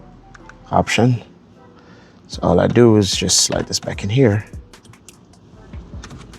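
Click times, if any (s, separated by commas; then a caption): none. Someone talks while handling the new switch panel with the fog light option on a 2023–2026 Honda CR-V EX-L or Hybrid with parking sensors, sliding it back toward its opening in the plastic dashboard trim. Only speech and light handling sounds are heard; the panel has not yet seated or clicked into the dash when the clip ends.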